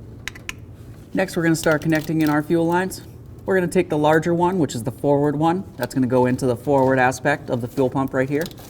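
A gray plastic connector position lock is pushed into the larger fuel pump electrical connector on a 1994-2004 Chevy S-10, and the locking tab snaps into place with sharp clicks at 0.3 s and 0.5 s. Someone then talks for the rest of the clip.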